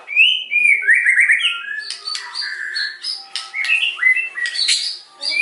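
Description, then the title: White-rumped shama song opening with a sweet whistled trill, then jumbled chirps, sharp notes and slurred whistles in quick succession. Lure recording (pancingan) meant to provoke a response from other birds; the bird is described as singing actively (gacor). "PANCINGAN MURAI BATU GACOR"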